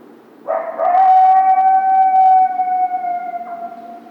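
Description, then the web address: Coyote howl: one long howl that rises briefly at the start, then holds a steady level pitch for over three seconds with rich overtones before slowly fading. Coyotes, recorded on 20 August 2012. "Coyote 2012 08 20 Coyotes"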